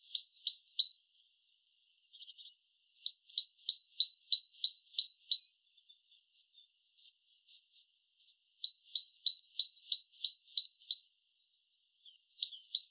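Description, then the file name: Great tit calls: rapid runs of bright, clipped two-part notes, about three or four a second, with softer scattered chips between the runs and brief pauses. "Parus major"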